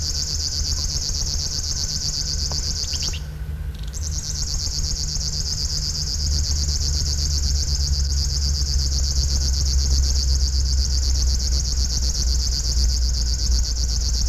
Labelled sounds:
River Warbler (Locustella fluviatilis) call
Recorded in the wild
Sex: pair
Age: adult
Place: Neusiedler See, AT
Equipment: Halbspur, 9,5 cm/s
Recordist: Lütgens, Hans

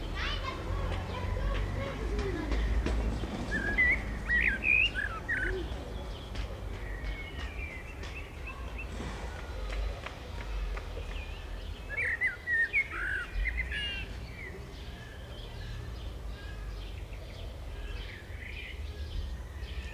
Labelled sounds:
Common Blackbird (Turdus merula) song
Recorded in the wild
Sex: male
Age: adult
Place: Bielefeld-Mitte, Nordrhein-Westfalen, DE
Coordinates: 52.0078, 8.54806
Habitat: residential district
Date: 1970
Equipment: Uher 4000 Report-S, Bändchenmikro Beyer M 260, Parabolspiegel Polyester (470 mm)
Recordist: Conrads, Klaus
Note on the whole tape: Bielefeld, Am Tiefen Weg. Männchen: Gesang, "Du bist verrückt mein Kind!". Ungenaue Datumsangabe: Juli 1970

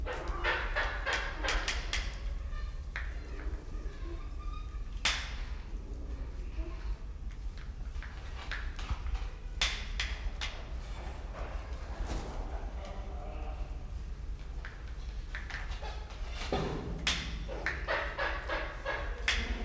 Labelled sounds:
Choco Toucan (Ramphastos brevis)
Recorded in captivity
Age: adult
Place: Zoo Berlin, Berlin, DE
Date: 1993-01-01
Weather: sonnig, -5°C
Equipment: Marantz CP 430, Sennheiser ME 80, Kopie Uher Variocord 263
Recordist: Tembrock, Günter

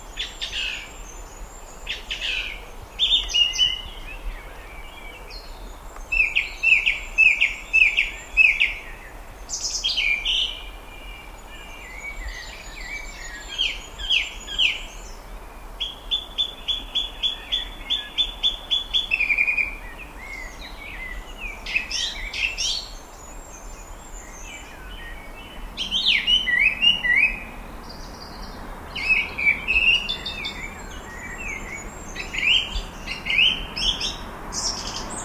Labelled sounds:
Song Thrush (Turdus philomelos) song
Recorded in the wild
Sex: male
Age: adult
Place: Gößweinstein, Fränkische Schweiz, Bayern, DE
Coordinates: 49.775, 11.3403
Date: 1962-06-12
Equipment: Stellavox SM 5, Original, Vollspur
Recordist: Tretzel, Erwin
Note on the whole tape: Gößweinstein, Auffahrt. Männchen: Gesang

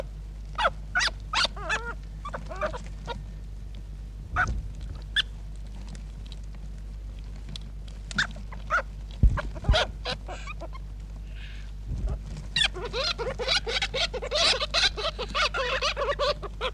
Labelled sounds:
European Polecat (Mustela putorius) call
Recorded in captivity
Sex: group
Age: juvenile
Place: Klein-Neundorf, Lausitz, Sachsen, DE
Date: 1960-07-19
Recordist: Meyer, Hugo

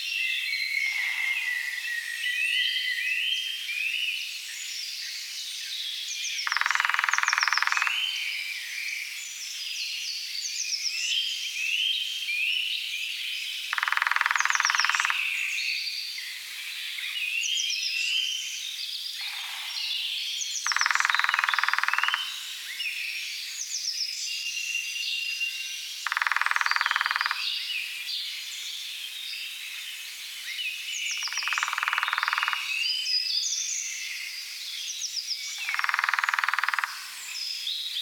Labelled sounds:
Lesser Spotted Woodpecker (Dendrocopos minor) drumming
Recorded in the wild
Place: Oberrotweil am Kaiserstuhl, Baden-Württemberg, DE
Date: 1983-04-16
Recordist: Schwarz, Dieter

